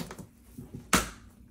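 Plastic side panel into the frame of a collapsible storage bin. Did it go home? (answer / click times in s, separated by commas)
yes / 0.9 s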